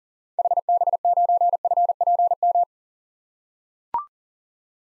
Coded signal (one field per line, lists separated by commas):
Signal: Morse code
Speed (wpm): 40 wpm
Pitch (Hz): 700 Hz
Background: none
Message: HB9FPM